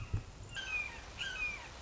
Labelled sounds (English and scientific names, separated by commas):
Red-shouldered Hawk (Buteo lineatus)